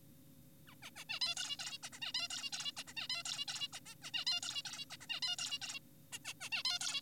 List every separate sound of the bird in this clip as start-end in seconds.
0.68-0.75, 0.83-0.90, 0.96-1.04, 1.10-1.20, 1.22-1.35, 1.37-1.57, 1.59-1.78, 1.83-1.90, 1.93-1.99, 2.02-2.12, 2.14-2.28, 2.30-2.50, 2.53-2.72, 2.77-2.84, 2.88-2.94, 2.97-3.08, 3.10-3.23, 3.26-3.45, 3.48-3.68, 3.73-3.80, 3.86-3.95, 4.02-4.11, 4.14-4.25, 4.27-4.40, 4.43-4.62, 4.66-4.85, 4.90-4.97, 5.01-5.07, 5.10-5.20, 5.22-5.36, 5.38-5.58, 5.62-5.79, 6.12-6.19, 6.25-6.34, 6.41-6.49, 6.52-6.63, 6.65-6.79, 6.81-7.01